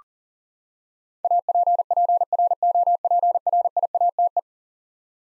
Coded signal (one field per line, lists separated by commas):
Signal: Morse code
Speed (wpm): 40 wpm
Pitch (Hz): 700 Hz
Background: none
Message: APPROPRIATE